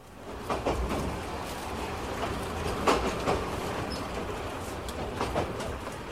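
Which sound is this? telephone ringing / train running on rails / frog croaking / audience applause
train running on rails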